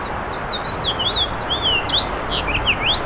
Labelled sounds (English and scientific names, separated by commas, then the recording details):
House Finch (Haemorhous mexicanus) song
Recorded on Long Island, New York, on 7 June 2012
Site SU
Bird B